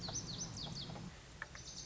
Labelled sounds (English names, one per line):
Lazuli Bunting